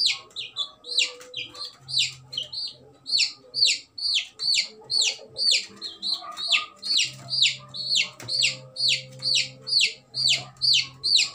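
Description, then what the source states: Chicken chick peeping: high, downward-slurred peeps repeated about twice a second in a steady run, with a faint low hum underneath. Baby chick.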